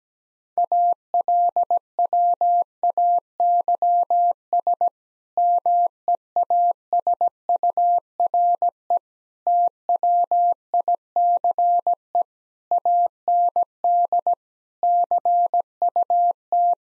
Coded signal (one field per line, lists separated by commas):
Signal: Morse code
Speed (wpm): 17 wpm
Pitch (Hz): 700 Hz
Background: none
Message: ALWAYS MEASURE TWICE AND CUT